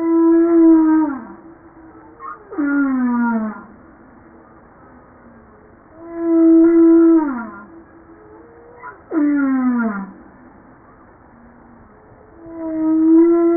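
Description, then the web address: Humpback whale song, harmonic moans gliding downward, alternating with shorter swooping cries, in a slow repeating pattern. "pub JASA 2013 Blue Bowhead Fin Humpback Southern Right Whale humpback-01 940305"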